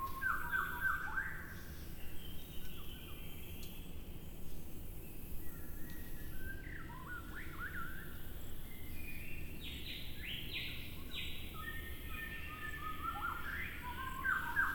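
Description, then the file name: White-rumped shama singing scattered whistled phrases, with short notes, upslurs and clear held tones separated by pauses, over constant low-pitched background noise. Recorded at Shoushan. "壽山-白腰鵲鴝"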